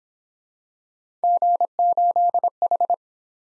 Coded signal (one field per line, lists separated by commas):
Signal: Morse code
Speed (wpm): 20 wpm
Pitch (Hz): 700 Hz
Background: none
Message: G8H